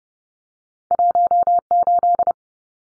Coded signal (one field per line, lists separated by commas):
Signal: Morse code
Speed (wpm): 30 wpm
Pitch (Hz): 700 Hz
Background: none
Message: 18